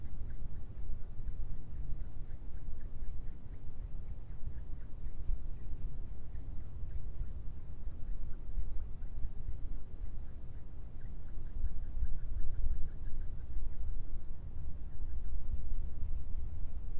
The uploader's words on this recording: ASMR HAND SOUNDS AND FINGER SOUNDS - LO FI.